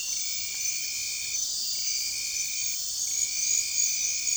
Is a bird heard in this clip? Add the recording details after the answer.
no. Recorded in dense forest near Puerto Asís, Putumayo, Colombia, on 29 June 2025 at 00:30. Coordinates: 0.466, -76.327. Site GP04